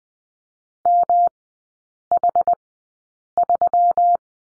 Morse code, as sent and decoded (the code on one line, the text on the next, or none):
-- .... ...--
MH3